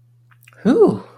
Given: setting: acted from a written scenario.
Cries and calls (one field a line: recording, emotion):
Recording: vocal sound without words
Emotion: relief